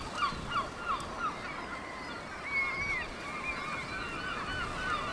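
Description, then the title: Seabirds calling, a few sharp yelping cries at the start, then thinner drawn-out wailing notes and scattered calls over a continuous windy hiss. Seabird colony on two islets east of Cap Fréhel, France; 5 June 2009; windy day; birds calling incessantly; mono recording. "Oiseaux marins au Cap Fréhel"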